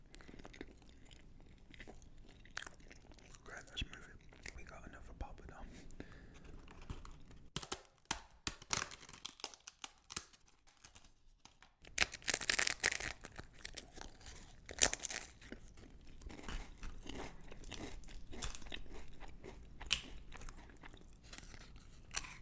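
Eating of a curry with naan and poppadums: irregular chewing and wet mouth sounds, with sharp crisp crunches, loudest around the middle and near fifteen seconds. A quieter gap comes just before the halfway point.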